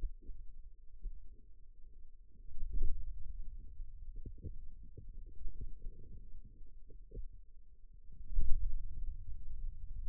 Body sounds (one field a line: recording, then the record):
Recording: forearm muscle sounds (acoustic myography)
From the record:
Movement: ulnar deviation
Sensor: system 2, bracelet of six BSWA MPA416 microphones around the upper forearm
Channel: 5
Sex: male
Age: 22 years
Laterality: right